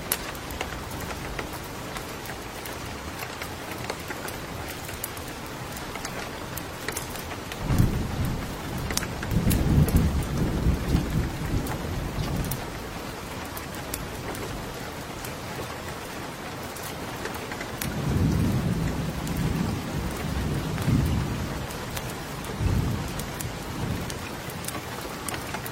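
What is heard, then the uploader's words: Night rain falls steadily in the far mountains, a dense, even hiss with scattered drops across the whole clip. Low rumbles of distant thunder swell around eight to eleven seconds and again from about eighteen to twenty-three seconds, then fade back under the rain. Night Rain in the Far Mountain.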